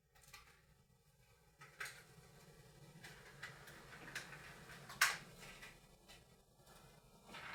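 Small plastic trim clips are pressed into the top of the front grille panel on a Ford C-Max, going into the car's front end during a bonnet lock install, after the grille has been clicked back into place. Several small ticks are heard, then one sharp, loud snap at 5.0 s as a clip seats.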